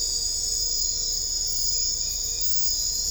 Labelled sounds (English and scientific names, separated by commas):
none